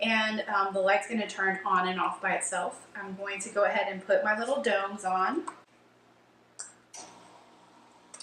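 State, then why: Seated. Someone talks, then presses small plastic germination domes onto the seed pods in an indoor hydroponic garden deck. Each dome snaps into place with a short pop at 6.6 s and 8.2 s, and both domes are seated.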